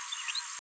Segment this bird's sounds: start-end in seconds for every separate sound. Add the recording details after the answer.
0.28-0.31. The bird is a female. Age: 21 days. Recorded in a nest box in Venezuela. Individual 17B73B2